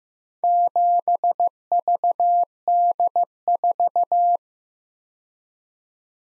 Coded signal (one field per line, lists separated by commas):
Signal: Morse code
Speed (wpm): 15 wpm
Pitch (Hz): 700 Hz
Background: none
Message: 7VD4